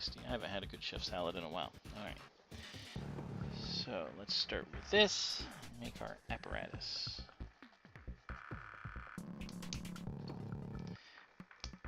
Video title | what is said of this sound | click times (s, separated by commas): Building The Razor Crest!!! Episode 39! 8 PM EST August 30th, 2022! | These are really snapping in there nice. | 8.3 s, 9.7 s, 11.6 s